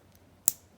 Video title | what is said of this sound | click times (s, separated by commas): Unboxing a preowned Tudor Black Bay. Here’s what’s in the Tudor BB box | gives you a very positive click clamshell action | 0.5 s